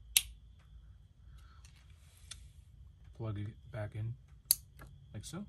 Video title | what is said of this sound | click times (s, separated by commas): 2016-2022 Toyota Prius interior lights LED bulb upgrade. | see how is this place slide this back into place you hear it click | 0.2 s